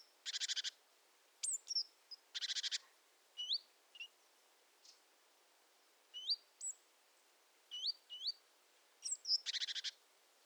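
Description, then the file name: Great tit calls: loud buzzy pulsed chatters mixed with high hooked whistled notes, delivered in irregular bursts. "Parus major"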